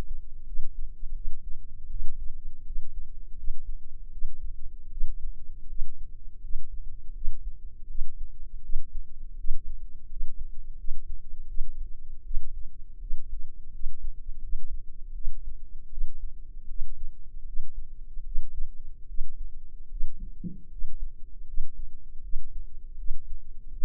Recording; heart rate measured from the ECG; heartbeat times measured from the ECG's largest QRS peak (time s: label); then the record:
heart sounds by microphone in the left ear; 80 bpm
0.44 s: heartbeat
1.12 s: heartbeat
1.87 s: heartbeat
2.63 s: heartbeat
3.34 s: heartbeat
4.10 s: heartbeat
4.88 s: heartbeat
5.66 s: heartbeat
6.40 s: heartbeat
7.12 s: heartbeat
7.86 s: heartbeat
8.60 s: heartbeat
9.35 s: heartbeat
10.07 s: heartbeat
10.75 s: heartbeat
11.46 s: heartbeat
12.22 s: heartbeat
12.98 s: heartbeat
13.70 s: heartbeat
14.40 s: heartbeat
15.12 s: heartbeat
15.89 s: heartbeat
16.66 s: heartbeat
17.44 s: heartbeat
18.23 s: heartbeat
19.06 s: heartbeat
19.88 s: heartbeat
20.68 s: heartbeat
21.44 s: heartbeat
22.20 s: heartbeat
22.95 s: heartbeat
23.69 s: heartbeat
From the record:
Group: healthy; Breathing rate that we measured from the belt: 17 breaths a minute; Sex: female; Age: 24 years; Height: 163 cm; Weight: 55.7 kg